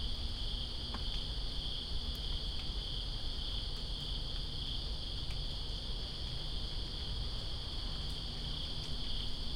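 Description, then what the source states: Crickets in a steady, continuous high chorus over dense rain noise, with a few sharp drop-like ticks. Crickets recorded with rain in Greensboro on 2 September 2017.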